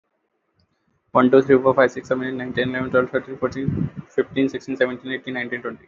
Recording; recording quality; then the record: counting at a fast pace; excellent, no background noise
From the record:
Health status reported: respiratory illness, not identified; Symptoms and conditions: asthma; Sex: male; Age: 23 years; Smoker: not ticked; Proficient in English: yes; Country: India